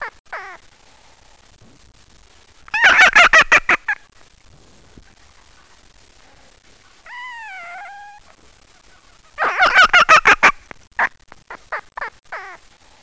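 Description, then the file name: Red fox giving two loud bursts of rapid stuttering chatter, with a short drawn-out whine between them and a few scattered clicks at the end. "Golosa zhivotnyh - Lisica"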